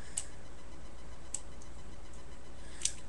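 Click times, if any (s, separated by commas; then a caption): none. A plastic joint on a transforming toy robot (Transformers ROTF Human Alliance Bumblebee) is twisted in an effort to make it snap into place. Short, sharp clicks at about 0.2 s, 1.4 s and 2.9 s stand out over a steady low background hiss. The joint does not snap into place and nothing has seated yet.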